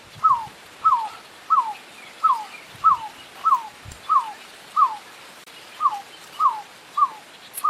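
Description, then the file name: Picui ground dove: clear, soft whistles dropping in pitch, repeated regularly with one brief pause, a few low knocks underneath. "CANTO DA ROLINHA VAQUEIRA"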